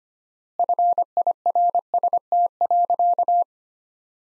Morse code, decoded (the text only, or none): FIRST.